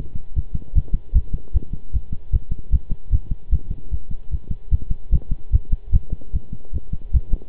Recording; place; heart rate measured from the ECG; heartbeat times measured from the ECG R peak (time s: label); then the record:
heart sounds by stethoscope; between the tricuspid and mitral areas; 151 bpm
0.36 s: heartbeat
0.75 s: heartbeat
1.15 s: heartbeat
1.54 s: heartbeat
1.93 s: heartbeat
2.32 s: heartbeat
2.72 s: heartbeat
3.12 s: heartbeat
3.52 s: heartbeat
3.91 s: heartbeat
4.31 s: heartbeat
4.71 s: heartbeat
5.12 s: heartbeat
5.53 s: heartbeat
5.93 s: heartbeat
6.33 s: heartbeat
6.73 s: heartbeat
7.13 s: heartbeat
From the record:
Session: pedaling a stationary bicycle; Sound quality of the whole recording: good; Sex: male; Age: 23 years